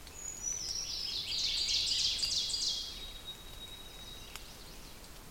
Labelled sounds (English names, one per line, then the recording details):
Ovenbird song
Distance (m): 45 m
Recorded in boreal forest in Alberta, Canada, on 5 June 2016 at 08:32
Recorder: SongMeter 3, array SBT-3-51
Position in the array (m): 220 m, 8 m
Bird 27